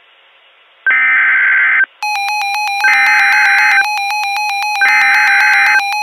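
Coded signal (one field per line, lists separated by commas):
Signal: Emergency Alert System (SAME) tones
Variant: header bursts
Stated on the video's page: Reenactment mock flash flood warning made with RadioShack 12-521 and EASyPLUS, containing valid EAS tones.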